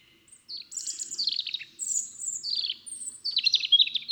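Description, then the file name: European robin singing a string of thin high whistles alternating with quick descending trills, each phrase short and varied, over a faint low rumble. "Erithacus rubecula"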